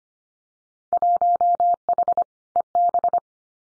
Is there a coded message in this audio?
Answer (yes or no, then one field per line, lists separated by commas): yes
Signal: Morse code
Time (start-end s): 0.9-3.2 s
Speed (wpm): 25 wpm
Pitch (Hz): 700 Hz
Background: none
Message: 1H EB